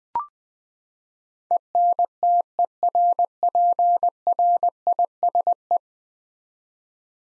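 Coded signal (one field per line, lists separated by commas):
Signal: Morse code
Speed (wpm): 20 wpm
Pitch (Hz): 700 Hz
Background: none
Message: ENTERPRISE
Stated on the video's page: Head-copy drill of ten-letter words at 20 wpm; each word is sent, then spoken, then sent again.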